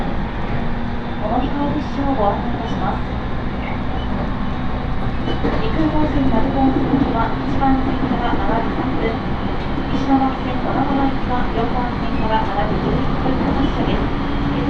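Inside a four-car 701 series train on the Tohoku Line, a steady low rumble and rattling of the rails runs without a break. Murmured voices of passengers drift through, with small clicks and creaks scattered throughout the ride.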